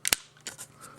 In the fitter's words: you'll get two little clicks here